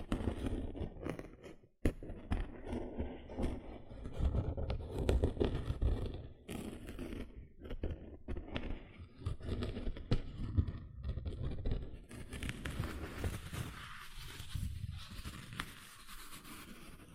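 Gentle scratching goes on throughout, a busy run of soft, uneven rubs and scrapes with sharp little clicks scattered among them. The sound stays low and full for most of the clip and nearly drops out for a moment near two seconds. From about twelve seconds it turns brighter and hissier.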